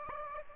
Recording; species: mosquito wingbeat signal from an infrared sensor; Aedes aegypti